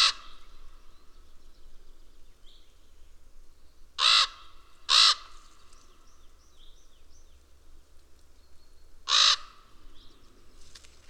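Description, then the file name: Raven giving a few loud, harsh caws at irregular gaps. "Digiffects Sound Effects Library - Raven and Magpie Call"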